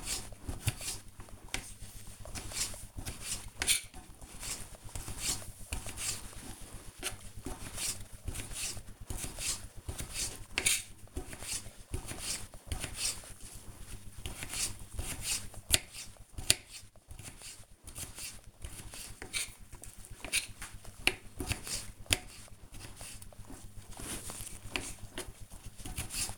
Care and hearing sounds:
household activities, microphone on the right wrist
0.00-26.38 s: cutting vegetables

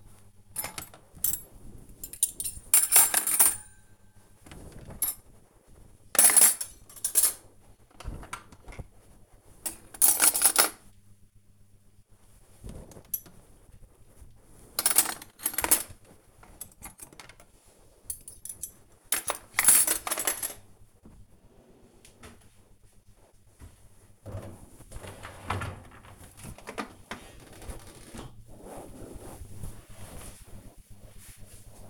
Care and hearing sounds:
household activities, microphone on the right wrist
0.00-27.69 s: cleaning out the dishwasher

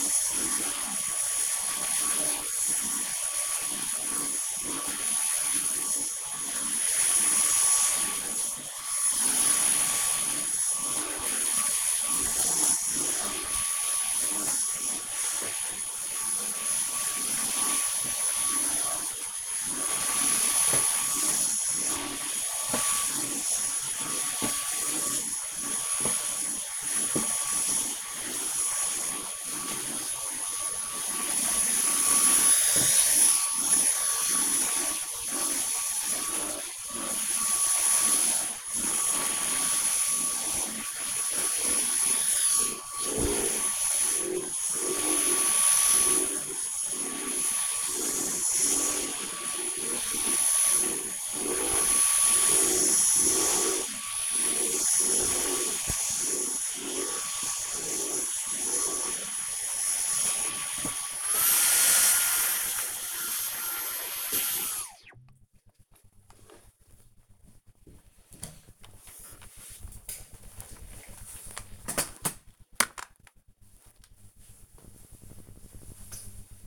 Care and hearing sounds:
household activities, microphone on the right wrist
0.00-65.01 s: vacuum cleaning

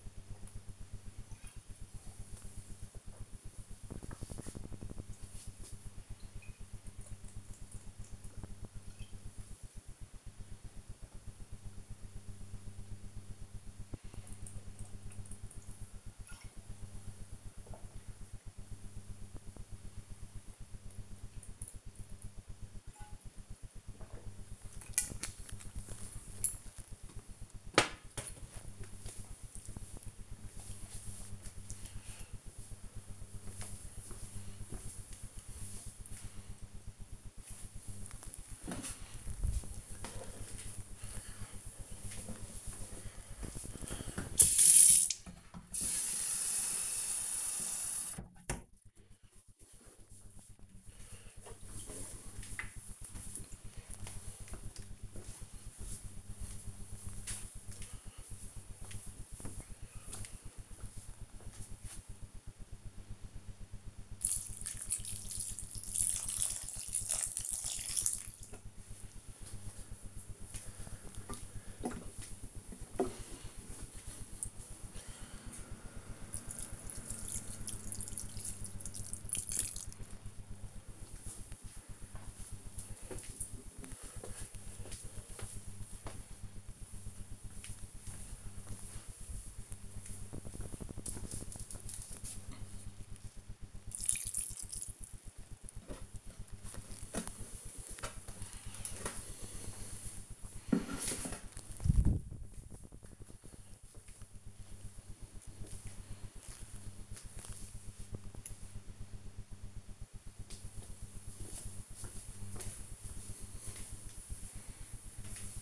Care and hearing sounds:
household activities, microphone on the right wrist
0.00-26.89 s: drinking
37.91-96.18 s: watering plant

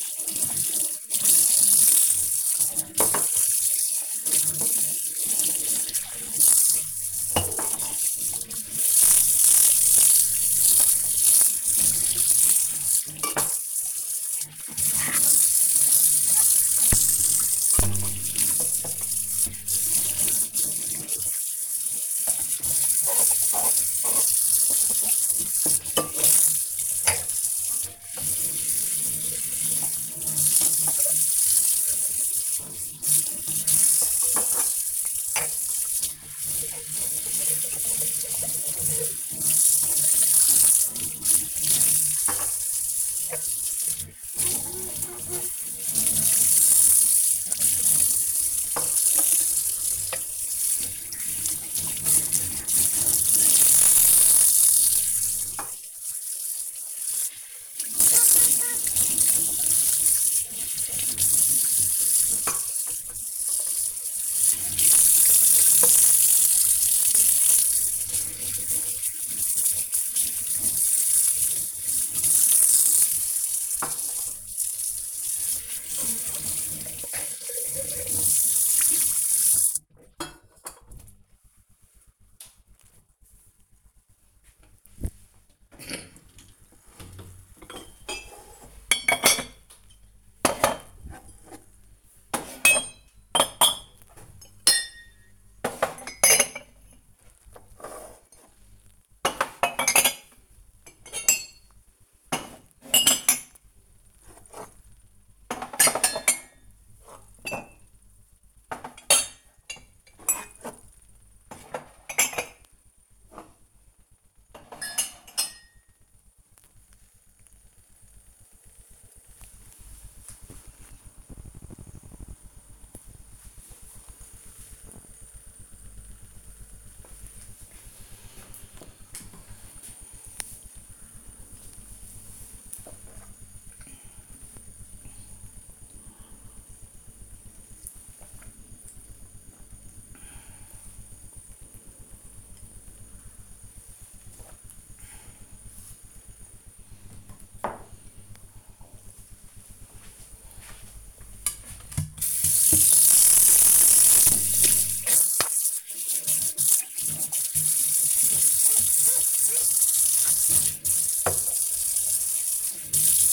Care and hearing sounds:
household activities, microphone on the right wrist
0.00-79.86 s: washing dishes
85.91-116.17 s: putting away the dishes
128.28-146.44 s: drinking
151.47-163.33 s: washing dishes

